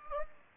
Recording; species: mosquito wingbeat signal from an infrared sensor; Anopheles gambiae